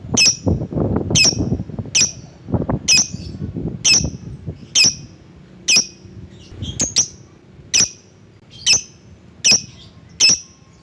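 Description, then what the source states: Lovebird calls: sharp high chips repeated about once a second, over low background rumble and clatter in the first half. Calling a rival.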